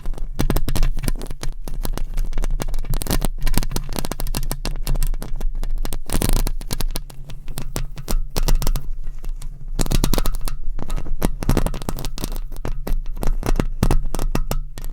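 Microphone scratching fills the whole recording, a dense run of rough scrapes and crackles with no pauses. Sharp, bright bursts cluster heavily, with a strong jolt near six seconds and thick patches around ten and fourteen seconds, over a steady low hum underneath.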